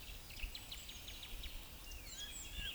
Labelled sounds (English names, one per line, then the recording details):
Eurasian Woodcock croak
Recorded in Baden-Württemberg, Germany, on 11 June 2021 at 19:42 UTC
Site 24608, 624 m above sea level